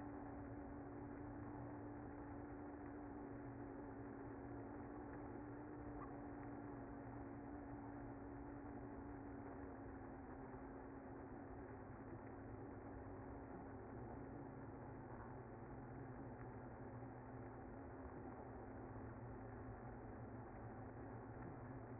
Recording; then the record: honeybee colony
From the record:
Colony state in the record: active